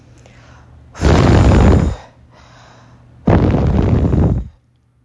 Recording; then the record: deep breathing after running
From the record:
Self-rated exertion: light exertion (2 of 6); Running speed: 6 miles an hour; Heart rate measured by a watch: 120 beats a minute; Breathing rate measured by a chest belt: 18 breaths a minute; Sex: female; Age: 24 years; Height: 163 cm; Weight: 52 kg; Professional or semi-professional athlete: no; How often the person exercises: 1 to 2 times a week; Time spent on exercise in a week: under 1 hour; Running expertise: no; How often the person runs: 1 to 2 times a week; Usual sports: interval training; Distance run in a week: 5 km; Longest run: 3 km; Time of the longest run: 30 minutes